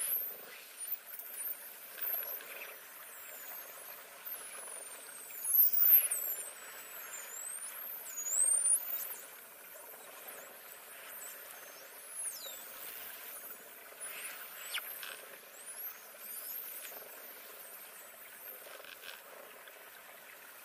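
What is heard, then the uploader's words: Dolphins whistle in rapid, high looping calls that weave throughout, over a steady watery hiss with a few louder swells near six and nine seconds. Dolphins Voices with Whistle - Nature Sounds.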